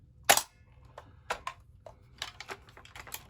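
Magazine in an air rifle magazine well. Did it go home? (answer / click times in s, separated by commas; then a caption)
yes / 1.3 s. A magazine is given a firm push into the magazine well of an FN M4 Carbine semi-auto air rifle and latches with a sharp snap at 1.3 seconds, seating in place. A loud clack comes first around 0.3 seconds, and lighter clicks and rattles follow through the rest of the clip.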